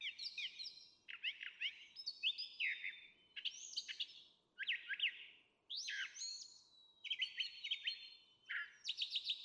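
Brown Thrasher song: a steady run of varied phrases, whistled slurs and buzzy notes, many given in pairs, over a faint low background hiss.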